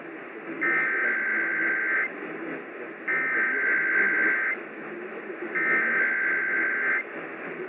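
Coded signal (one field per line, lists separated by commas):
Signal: Emergency Alert System (SAME) tones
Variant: header bursts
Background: speech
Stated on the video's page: Real EAS Required Monthly Tests captured off air on 94.9 FM, 1680 AM and 580 AM.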